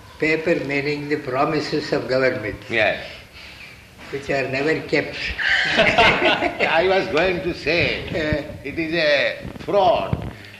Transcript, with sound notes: paper meaning the promises of government...
Yes.
...which are never kept. [laughter]
I was going to say, it is a fraud.